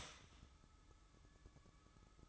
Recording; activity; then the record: daily activity, microphone in the room; start toaster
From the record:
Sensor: 3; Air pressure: 1007.2 hPa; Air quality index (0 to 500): 54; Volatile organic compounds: 1 ppm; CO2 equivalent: 593 ppm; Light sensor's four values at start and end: 7/17/7/7 and 7/17/7/7